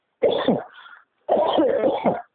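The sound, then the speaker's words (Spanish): Two harsh, throaty bursts of coughing from a speaker during an interview, separated by a short pause, the second burst longer and rough, loud with no talking over it. “Perdón, me agarro tos.”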